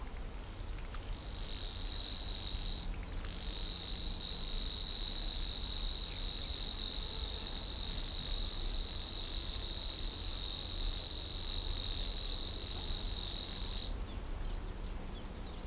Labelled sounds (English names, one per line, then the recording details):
Savi's Warbler song
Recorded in the wild
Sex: male
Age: adult
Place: Parsteiner See, Barnim, Brandenburg, DE
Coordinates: 52.96, 13.9886
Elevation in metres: 41
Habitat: reed
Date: 2006-04-19 16:52
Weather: fair, ca. 15° C, weak wind
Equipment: Marantz PMD 671, Sennheiser MKH 70, Popschutz, Windkorb
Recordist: Frommolt, Karl-Heinz